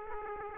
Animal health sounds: mosquito wingbeat signal from an infrared sensor; Aedes aegypti

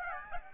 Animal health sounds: mosquito wingbeat signal from an infrared sensor; Aedes aegypti

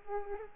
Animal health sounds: mosquito wingbeat signal from an infrared sensor; Culex pipiens

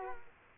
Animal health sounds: mosquito wingbeat signal from an infrared sensor; Culex quinquefasciatus

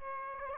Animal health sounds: mosquito wingbeat signal from an infrared sensor; Aedes aegypti

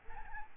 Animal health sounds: mosquito wingbeat signal from an infrared sensor; Aedes albopictus

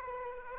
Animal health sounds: mosquito wingbeat signal from an infrared sensor; Aedes aegypti

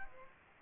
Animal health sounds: mosquito wingbeat signal from an infrared sensor; Aedes aegypti

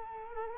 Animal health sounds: mosquito wingbeat signal from an infrared sensor; Culex quinquefasciatus

